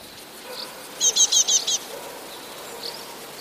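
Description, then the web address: Eurasian blue tit song: one quick burst of five high, buzzy, evenly spaced notes lasting under a second, with soft chirps before and after and a steady background hiss. "wroblowe teka spiew"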